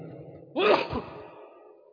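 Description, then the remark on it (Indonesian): A single sharp sneeze bursts out after a quiet moment during an Islamic religious lecture, a quick inhaled catch followed by a loud, breathy explosive release that trails off into silence. “Yahdikumullah.”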